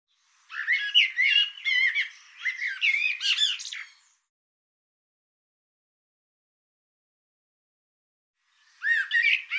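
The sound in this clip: Bird song: a dense burst of squawky, warbled notes sliding between high pitches for about three and a half seconds, silence, then a similar phrase begins.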